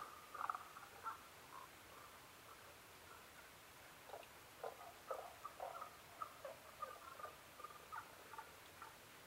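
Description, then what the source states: Tago's brown frog call: a loud cluster of short notes at the start, then an irregular run of softer clucks across the rest. Recorded 15 May 2011 at 02:19.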